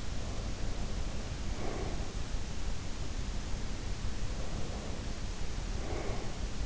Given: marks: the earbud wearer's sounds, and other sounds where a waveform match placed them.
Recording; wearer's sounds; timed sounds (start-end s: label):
sounds in sleep by an in-ear microphone; breath
0.00-2.36 s: breath
4.04-6.66 s: breath